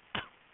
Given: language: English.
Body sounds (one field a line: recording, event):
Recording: throat vibration sensor signal played as sound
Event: cough